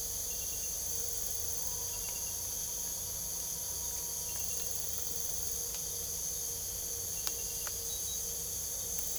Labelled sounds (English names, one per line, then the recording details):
none
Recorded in pastures near Puerto Asís, Putumayo, Colombia, on 26 December 2024 at 03:30
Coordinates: 0.497, -76.327
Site G088